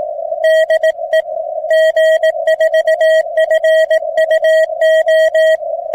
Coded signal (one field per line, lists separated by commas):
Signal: Morse code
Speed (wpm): 18 wpm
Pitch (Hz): 640 Hz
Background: radio noise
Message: DE G4FUO